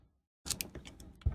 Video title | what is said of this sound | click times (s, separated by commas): Trying Out A SIM Adapter - By Firewall5000 | thing works snapped in place and I'm fixing to turn my phone back on | 0.6 s